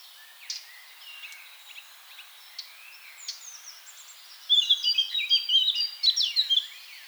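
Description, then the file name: Eurasian blackcap song: quiet scratchy twittering, then a loud, rich burst of fluty, warbling phrases in the second half. "Sylvia atricapilla"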